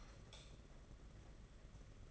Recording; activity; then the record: daily activity, microphone in the room; light off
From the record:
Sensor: 4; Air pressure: 992.7 hPa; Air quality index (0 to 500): 170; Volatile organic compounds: 260 ppm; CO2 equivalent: 4387 ppm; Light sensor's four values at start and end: 6/14/5/6 and 4/8/3/3